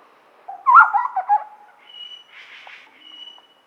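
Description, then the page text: Large scimitar babbler gives a rich burst of low, hollow whistled notes, followed by fainter, higher thin whistles and a soft rushing sound. "Large Scimitar Babbler Call. Quick Sounds"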